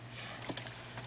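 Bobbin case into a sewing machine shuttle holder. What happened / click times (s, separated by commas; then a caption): The small metal case clicked into its holder / 0.6 s. A bobbin case is turned toward the back of a sewing machine and then brought forward into its shuttle holder, with a faint scrape just before a sharp click at 0.6 s as it seats in place. A steady low hum runs underneath, and a few softer ticks follow.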